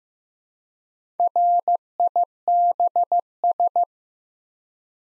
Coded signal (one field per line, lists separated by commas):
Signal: Morse code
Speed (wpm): 15 wpm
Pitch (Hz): 700 Hz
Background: none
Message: RIBS